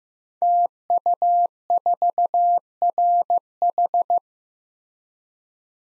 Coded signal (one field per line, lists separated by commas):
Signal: Morse code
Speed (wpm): 15 wpm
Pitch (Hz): 700 Hz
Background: none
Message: TU4RH